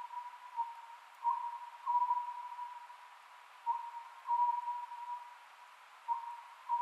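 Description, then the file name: Oriental scops owl hooting in brief grouped notes, phrases returning every couple of seconds above a continuous droning tone. Recorded 27 May 2010 at 22:21. "konohazuku 20100527-2221"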